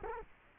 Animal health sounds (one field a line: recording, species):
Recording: mosquito wingbeat signal from an infrared sensor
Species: Culex quinquefasciatus